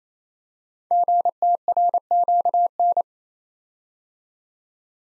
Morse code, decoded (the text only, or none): GTRQN